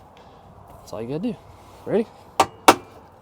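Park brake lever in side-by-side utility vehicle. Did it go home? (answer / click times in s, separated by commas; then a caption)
yes / 2.4 s, 2.7 s. Someone talks, then the park brake lever of a 2024 Can-Am Defender Texas Edition side-by-side utility vehicle is pulled up while the foot pedal is pressed. The metal and plastic lever gives two sharp clicks at 2.4 and 2.7 seconds as it locks in place.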